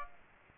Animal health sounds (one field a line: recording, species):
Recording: mosquito wingbeat signal from an infrared sensor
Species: Aedes aegypti